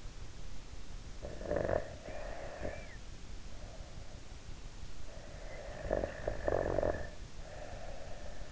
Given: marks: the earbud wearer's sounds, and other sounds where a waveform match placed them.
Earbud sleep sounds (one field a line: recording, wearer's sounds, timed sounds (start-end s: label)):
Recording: sounds in sleep by an in-ear microphone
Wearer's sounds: snoring breath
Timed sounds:
1.13-3.99 s: snoring breath
5.20-8.52 s: snoring breath